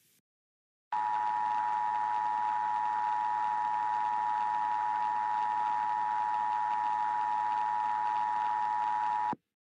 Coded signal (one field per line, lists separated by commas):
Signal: Emergency Alert System (SAME) tones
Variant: 853 and 960 Hz attention tone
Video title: EAS Scenario - The Warning